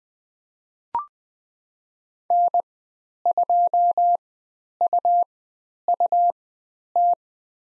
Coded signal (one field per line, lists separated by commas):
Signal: Morse code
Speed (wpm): 20 wpm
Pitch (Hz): 700 Hz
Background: none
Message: N2UUT